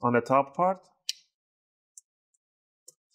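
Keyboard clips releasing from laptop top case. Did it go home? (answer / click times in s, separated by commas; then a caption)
released / 1.1 s, 2.0 s, 2.9 s. Someone talks briefly while an opening tool is worked into the gap around the top edge of the plastic keyboard on an HP 15 Notebook 15-f039wm laptop to pry its retaining clips loose from the top case. Sharp clicks are heard at 1.1, 2.0 and 2.9 seconds as the keyboard clips release.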